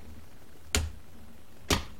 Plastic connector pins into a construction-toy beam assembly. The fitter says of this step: So, die vorderen sind eingerastet.